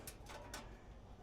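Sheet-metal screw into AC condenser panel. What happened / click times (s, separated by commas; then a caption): The screw slips and scrapes without biting / 0.1 s, 0.5 s. A sheet-metal screw is driven back into the metal panel of an outdoor AC condenser unit, but it spins in a stripped hole without biting. Sharp scraping clicks sound at 0.1 s and 0.5 s over a low steady hum. The screw does not grab.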